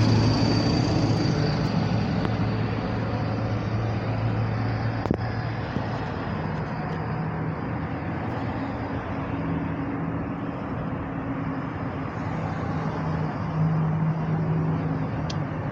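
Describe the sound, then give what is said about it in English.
Steady rumbling engine drone and road noise from inside a moving bus, with a low humming tone that shifts pitch now and then and a brief click partway through. “Bus ride only.”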